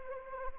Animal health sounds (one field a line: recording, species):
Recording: mosquito wingbeat signal from an infrared sensor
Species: Anopheles arabiensis